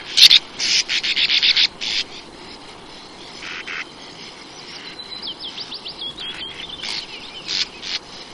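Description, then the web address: Sand martin calls: a quick run of rasping buzzy notes at first, then softer, thinner twittering and scattered scratchy bursts over faint hiss. "wroblowe ptaki riparia riparia"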